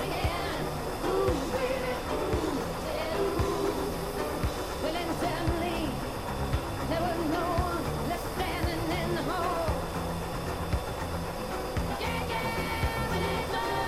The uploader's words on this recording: Flying an F-14 Tomcat with Maverick and Iceman || Top Gun Ambience. Cockpit of an F-14 Tomcat cruising the blue skies.